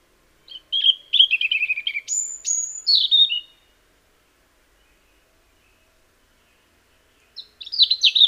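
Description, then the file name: European robin song: a fast, high, tinkling phrase of varied trills and thin whistles lasting about three seconds, then silence before another sparkling phrase begins at the end. "Erithacus rubecula"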